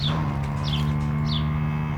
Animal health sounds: contact call of a hoofed animal; cattle; low-frequency (closed-mouth) or high-frequency (open-mouth) call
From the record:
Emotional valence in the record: negative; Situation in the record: full separation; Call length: 1.97 s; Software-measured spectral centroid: 2240 Hz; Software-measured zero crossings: 1020 a second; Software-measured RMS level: -24 dBFS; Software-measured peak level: -13 dBFS

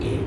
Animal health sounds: contact call of a hoofed animal; pig; closed-mouth grunt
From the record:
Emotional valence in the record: negative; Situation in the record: short social isolation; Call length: 0.26 s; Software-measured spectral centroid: 1710 Hz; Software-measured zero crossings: 1000 a second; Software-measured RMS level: -24 dBFS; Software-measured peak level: -14 dBFS

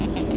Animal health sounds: contact call of a hoofed animal; goat; low-frequency (closed-mouth) or high-frequency (open-mouth) call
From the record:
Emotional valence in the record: negative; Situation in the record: short social isolation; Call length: 0.36 s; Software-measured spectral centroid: 2620 Hz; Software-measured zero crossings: 1240 a second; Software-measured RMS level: -24 dBFS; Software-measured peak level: -12 dBFS

